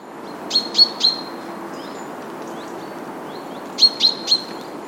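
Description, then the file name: Common chaffinch calling: two quick bursts of three sharp, ringing notes, separated by about three seconds, over steady background hiss. "Fringilla coelebs"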